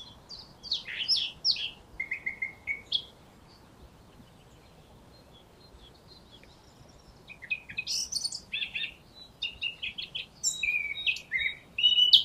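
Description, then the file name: Eurasian blackcap song: bursts of quick warbled notes, a pause of several seconds, then longer chattering, whistled phrases with sharp high notes near the end. "Sylvia atricapilla"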